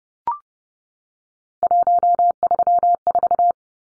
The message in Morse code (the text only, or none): 134